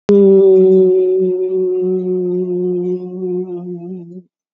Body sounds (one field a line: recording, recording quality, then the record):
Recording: sustained vowel as in beet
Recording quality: excellent, no background noise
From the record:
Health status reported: COVID-19 positive, moderate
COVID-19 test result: positive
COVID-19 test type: RT-PCR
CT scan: taken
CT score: 12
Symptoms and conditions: cough, cold, breathing difficulty, fatigue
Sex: female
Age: 60 years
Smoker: no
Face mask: worn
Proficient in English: yes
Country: India